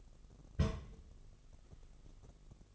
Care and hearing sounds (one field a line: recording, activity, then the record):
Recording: daily activity, microphone in the room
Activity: place on stove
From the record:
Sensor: 4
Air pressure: 1000.1 hPa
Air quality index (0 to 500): 228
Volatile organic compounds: 30 ppm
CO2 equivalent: 2949 ppm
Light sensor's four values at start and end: 9/20/8/8 and 9/19/8/7